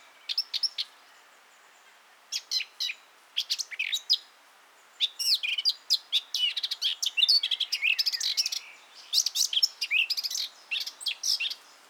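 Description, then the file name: Eurasian blackcap song: a few short scratchy phrases at first, then a long, sustained warble of rapid, varied notes through the second half. "Sylvia atricapilla"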